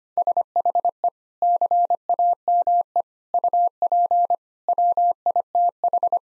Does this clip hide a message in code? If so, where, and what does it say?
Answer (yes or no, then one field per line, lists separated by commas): yes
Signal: Morse code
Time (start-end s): 0.2-6.2 s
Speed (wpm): 25 wpm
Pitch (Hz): 700 Hz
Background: none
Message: SHE CAME UP WITH